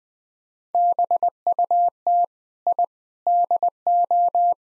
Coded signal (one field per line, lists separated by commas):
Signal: Morse code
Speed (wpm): 20 wpm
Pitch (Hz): 700 Hz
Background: none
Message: BUT I DO